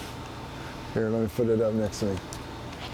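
A keyless drill chuck clamping a drill bit is held up near the microphone, chosen for its strong lock after a DeWalt chuck kept slipping. Someone talks over a steady background hum while the chuck is handled. Nothing has clicked or seated yet.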